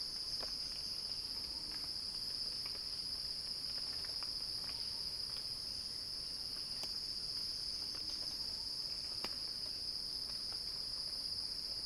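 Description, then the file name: Cicadas droning without pause in a bright, high, even buzz, with a few sharp clicks scattered through the background. Cicada song building in a crescendo, recorded by Axel Drioli. "earth-fm Axel-Drioli Cicada-Crescendo-Sounding-Wild"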